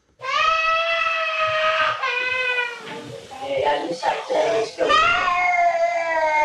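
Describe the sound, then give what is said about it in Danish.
A young girl at a daycare nursery cries loudly in long, high-pitched wails after getting her finger pinched, breaking into choppy, gasping sobs midway before rising into another sustained wail. “Vi har også et klip her fra TV2, hvor de er på besøg i en vuggestue, hvor en pige får fingeren i klemme.”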